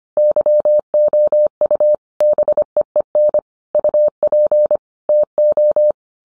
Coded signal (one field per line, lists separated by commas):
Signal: Morse code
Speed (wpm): 25 wpm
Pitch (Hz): 600 Hz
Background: none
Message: YOU BEEN UP TO